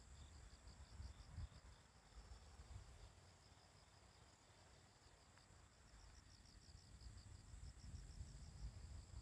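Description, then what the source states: Bell cricket song, rapid runs of high bright pulses repeated throughout, with a constant thin insect hum above and muffled low rumble underneath. Morning, on a riverside walking path; the recordist wonders whether these are the last bell crickets of the year.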